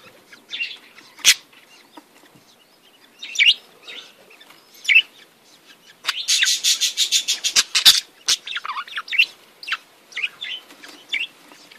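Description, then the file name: Budgerigar warbling, scattered chirps then a fast buzzy rattling burst of repeated notes midway, followed by chattering warbles. "Canto do periquitos ingleses"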